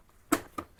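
A plastic cover over the post-motor filter of a Bissell upright vacuum is pressed into place on the vacuum body and snaps in with a sharp click at 0.3 s, followed by a second, quieter click at about 0.6 s. The cover is seated.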